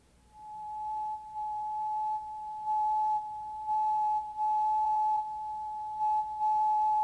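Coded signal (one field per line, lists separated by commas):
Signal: radio time signal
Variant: WWVB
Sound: steady mid-pitched tone whose loudness drops and rises about once each second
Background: faint radio static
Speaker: The National Bureau of Standards and Technology operates station WWVB on 60 kilohertz.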